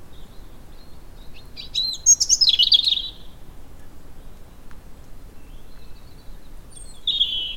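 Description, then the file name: European robin song: one brief burst of thin, high, tumbling notes early, then a short phrase at the end, with steady low background hiss. "Erithacus rubecula"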